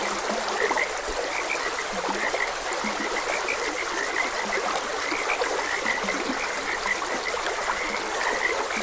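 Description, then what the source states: Continuous frog chorus of short croaks, occasional lower notes, heard over a gently rushing stream throughout. Frogs croaking beside a gentle stream.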